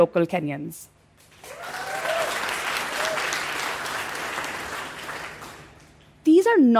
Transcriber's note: applause